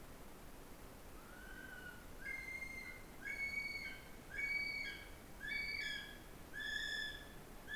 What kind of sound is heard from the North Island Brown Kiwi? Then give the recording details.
male call. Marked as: faintness 3/5, faintness 1/5. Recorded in New Zealand on 24 November 2015. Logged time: 04:12. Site DD67